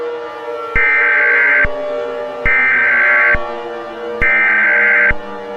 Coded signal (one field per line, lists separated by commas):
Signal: Emergency Alert System (SAME) tones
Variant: header bursts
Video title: EAS Scenario #6 Time Goes Backwards